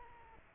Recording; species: mosquito wingbeat signal from an infrared sensor; Aedes aegypti